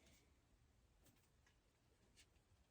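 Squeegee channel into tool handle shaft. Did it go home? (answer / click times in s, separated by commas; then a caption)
no / none. A squeegee channel is being slid back into the handle shaft of a new Unger VisaVersa Pro window-cleaning tool. Faint, brief scraping and ticking handling sounds rise over a low background hum. The channel has not snapped into place yet.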